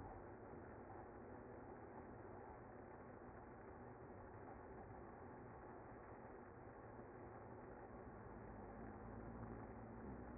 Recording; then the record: honeybee colony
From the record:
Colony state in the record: active